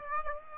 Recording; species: mosquito wingbeat signal from an infrared sensor; Aedes aegypti